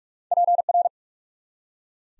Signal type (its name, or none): Morse code